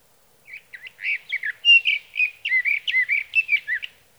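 Sage thrasher song as a sustained rambling warble of quick mixed notes, short trills and slurred whistles, building and continuing for roughly three and a half seconds.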